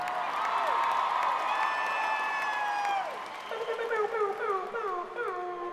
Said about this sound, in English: That's my air horn.